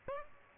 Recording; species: mosquito wingbeat signal from an infrared sensor; Aedes albopictus